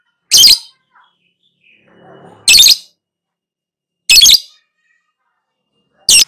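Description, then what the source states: Lovebird giving loud, grating squawks roughly every two seconds, with faint soft sounds in the gaps. Recording used as a lure (pancingan) to prompt a lovebird to respond and sing vigorously (gacor).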